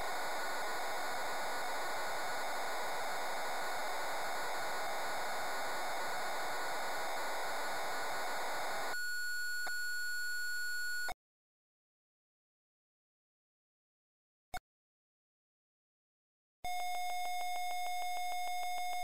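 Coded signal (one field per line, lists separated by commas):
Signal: computer data on cassette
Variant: Amstrad CPC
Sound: harsh wide hiss for nine seconds, pause, then steady buzzing tone with rapid ticks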